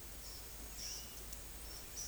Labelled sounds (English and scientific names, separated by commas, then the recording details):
none
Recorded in secondary vegetation near Puerto Asís, Putumayo, Colombia, on 22 December 2024 at 10:00
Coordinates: 0.468, -76.324
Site G095